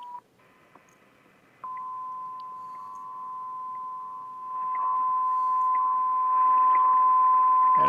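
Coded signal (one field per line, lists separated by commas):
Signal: radio time signal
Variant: WWV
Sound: brief tone, a pause, then a steady 1 kHz tone that grows louder over hiss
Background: radio static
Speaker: you can hear a very strong thousand Hertz tone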